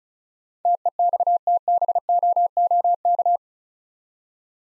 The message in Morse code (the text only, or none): TEXTBOOK